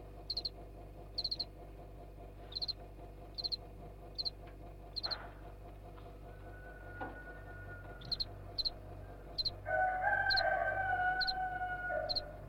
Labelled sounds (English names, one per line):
House Cricket